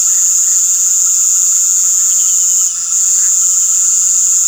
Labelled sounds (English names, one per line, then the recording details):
none
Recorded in pastures near Puerto Asís, Putumayo, Colombia, on 18 February 2024 at 19:00
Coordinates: 0.466, -76.323
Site G6384